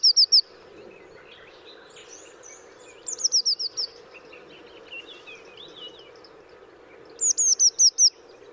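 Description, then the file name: Eurasian blue tit calls: three bursts of rapid, high, thin notes a few seconds apart, with fainter chirps between them. "Cyanistes caeruleus"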